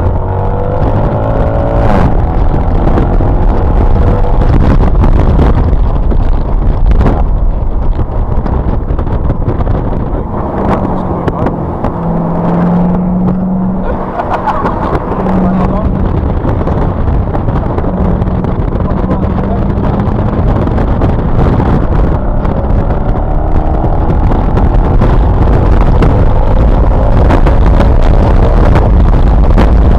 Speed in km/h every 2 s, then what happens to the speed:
97, 113, 124, 114, 89, 74, 55, 56, 58, 60, 81, 101, 122, 142, 153.
0-5 speeds up to 124. 5-11 brakes to 55. 11-30 speeds up to 153.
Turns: 16-22.